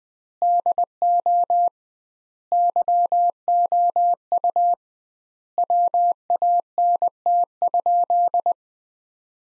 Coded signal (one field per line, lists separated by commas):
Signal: Morse code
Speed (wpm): 20 wpm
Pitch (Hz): 700 Hz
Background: none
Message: DO YOU WANT?